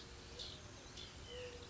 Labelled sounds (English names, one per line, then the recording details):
White-breasted Nuthatch
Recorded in Sonoma County, California